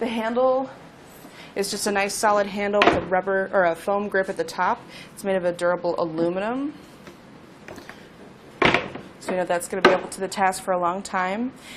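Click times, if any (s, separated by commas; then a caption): 8.7 s. Someone talks while the aluminum carry handle, with a rubber or foam grip at the top, of a plastic Bulldog Winch Sportsman chest cooler is swung down into its resting detent. Two loud, sharp hits land close together at 8.7 s and 8.7 s as the handle snaps into place.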